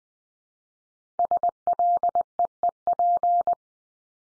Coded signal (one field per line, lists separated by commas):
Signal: Morse code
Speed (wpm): 20 wpm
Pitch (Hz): 700 Hz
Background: none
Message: SLEEP